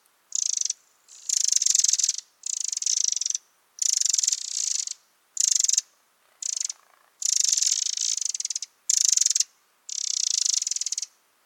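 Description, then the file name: Eurasian wren calls: a rapid series of high, buzzy rattles, many bursts of varying length, nearly continuous with brief pauses. "Troglodytes troglodytes"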